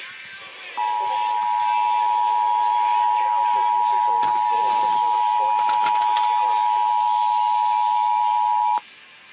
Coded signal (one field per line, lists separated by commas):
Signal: Emergency Alert System (SAME) tones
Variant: 853 and 960 Hz attention tone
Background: speech